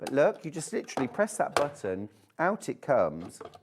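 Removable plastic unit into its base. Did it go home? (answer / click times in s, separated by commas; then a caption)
no / none. Someone talks while pressing a release button to take a removable plastic unit out of its base. The unit is handled but not yet pushed back in, and nothing has seated or clicked into the base yet.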